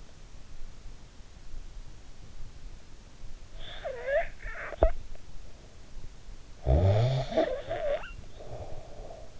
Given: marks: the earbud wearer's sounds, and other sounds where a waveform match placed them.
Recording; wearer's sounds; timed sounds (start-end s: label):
sounds in sleep by an in-ear microphone; snoring breath
3.34-5.34 s: snoring breath
6.49-9.40 s: snoring breath